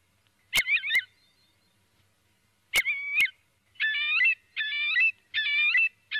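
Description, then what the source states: Eurasian curlew calls: two pairs of quavering notes with sharp clicks, then a series of buzzy, warbling calls in quick succession. Filtered.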